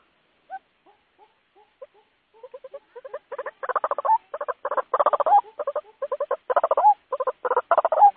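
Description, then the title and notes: White-breasted waterhen chatter starting with a few soft separate notes, then building into dense rattling bursts with short upward whistles. Lure call used to attract the bird. "Pikat Ruak Jawara. Suara Burung Ruak"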